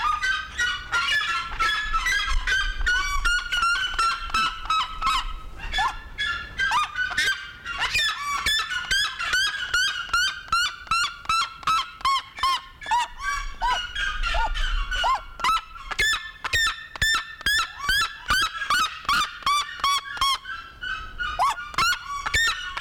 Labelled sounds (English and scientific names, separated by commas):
Red-legged Seriema (Cariama cristata) call